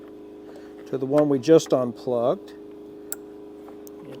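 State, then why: Seated. Someone talks, then the other end of a Curt T-connector trailer wiring harness is pushed into the factory tail light harness plug on a 2022 Lincoln Aviator. The plastic connector latches with a single sharp click at 3.1 s, confirming it is fully seated.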